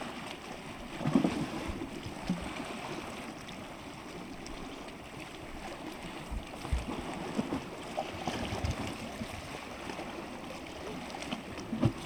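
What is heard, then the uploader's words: Steady, dense surf on the coast at Spanish Point, with low rumbling wash and brief louder surges near the start and end. Spanish Point (Rinn na Spáinneach), County Clare, (Contae an Chláir), Ireland.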